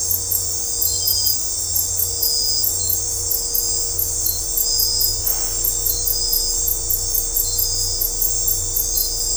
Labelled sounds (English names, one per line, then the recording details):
none
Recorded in dense forest near Puerto Asís, Putumayo, Colombia, on 15 December 2024 at 23:00
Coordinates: 0.503, -76.323
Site G043